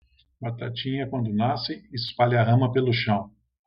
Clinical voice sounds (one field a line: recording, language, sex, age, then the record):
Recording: short text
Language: Brazilian Portuguese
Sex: male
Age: 60 to 69 years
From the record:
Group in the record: control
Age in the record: 63 years